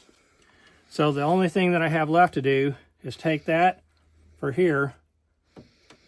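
Someone talks while handling a filament feed tube or coupler from the feed assembly, about to push it into its fitting on a Bambu Lab AMS 2 Pro or AMS setup with an X1 Carbon 3D printer. A few faint short ticks follow near 5.6 s and 5.9 s after the talking stops. The part is handled but not yet home; nothing has seated or clicked yet.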